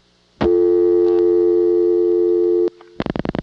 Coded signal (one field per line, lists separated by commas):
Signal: telephone call progress tone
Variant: North America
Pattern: dial tone